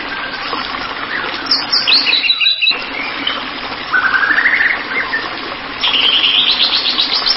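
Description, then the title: White-rumped shama singing quick varied phrases, including a rapid rising buzzy trill midway and a high repeated series near the end, with constant background hiss. "Kicau Murai Batu"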